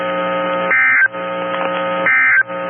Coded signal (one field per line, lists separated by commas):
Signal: Emergency Alert System (SAME) tones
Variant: end-of-message bursts